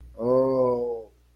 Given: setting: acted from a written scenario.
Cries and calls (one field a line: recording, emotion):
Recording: vocal sound without words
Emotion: disappointment